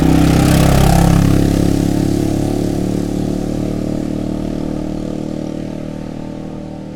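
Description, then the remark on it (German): A loud motorcycle engine roars past, its low, steady rumble peaking early and then slowly fading away over several seconds, with no talking. “warum muss das Ding so laut sein? Das ist doch auch nur, damit er jedem zeigen kann, dass er da kommt.”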